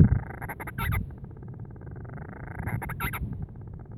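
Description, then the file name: Band-rumped storm petrel call: a buzzy churr rising in pitch and ending in a squeaky flourish, heard twice over low rumbling. "Band-rumped-Storm-Petrel-Oceanodroma-castro Grants"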